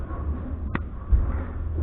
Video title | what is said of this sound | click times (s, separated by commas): Pin Holder Disassemble/Reassemble | Then I'm going to grab my flathead screwdriver and make sure I hear and feel it click into place. | 0.8 s